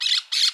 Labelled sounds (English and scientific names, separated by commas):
Brown-throated Parakeet (Eupsittula pertinax) contact call